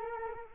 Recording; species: mosquito wingbeat signal from an infrared sensor; Culex quinquefasciatus